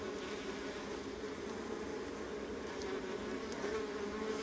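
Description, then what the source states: Honey bees hum as a colony in a continuous low drone, layered and even, with a few brief ticks near the end. Honey bee colony, recorded close.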